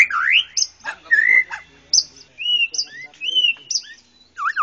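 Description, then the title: White-rumped shama giving sweeping whistled notes, some rising and some falling, with a few high clear tones and short pauses. "murai batu"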